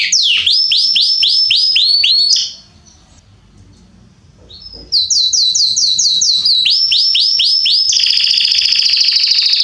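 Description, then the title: Belgian canary giving bursts of quick repeated sweeping notes, a brief pause with soft background noise, then more note series and a buzzy trill. Male Belgian canary named Salsa singing very strongly and a lot; used to warm up young birds. "Canary Training Esquente Seu Filhote E Canario Belga Em 30 Minutos Macho Cantando Muito. Canrio Belga Salsa cantando muito forte"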